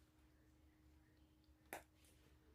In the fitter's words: And you can tell that they go in when you hear that little snap.